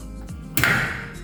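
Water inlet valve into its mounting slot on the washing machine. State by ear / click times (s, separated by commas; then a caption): seated / 0.6 s. A water inlet valve on an Electrolux EWF85743 front-load washing machine is inserted into its mounting slot and turned until it twist-locks. A sharp click is heard at 0.6 s and 0.6 s, followed by a brief ringing tail, and the valve is seated and locked in.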